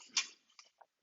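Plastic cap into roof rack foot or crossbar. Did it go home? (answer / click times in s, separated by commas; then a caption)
yes / 0.2 s. A plastic cap is pressed by hand into place on the foot or crossbar of a Thule Evo Clamp with WingBar Evo roof rack on a 2018+ Kia Stinger. A sharp, bright click at 0.2 s is followed by a few faint ticks near 0.6 and 0.8 s. The cap seats at the 0.2 s click.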